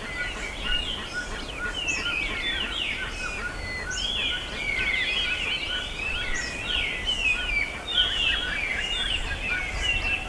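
Birds chirping in a dense chorus, many overlapping whistled and twittering calls at high pitch, over a steady background hiss.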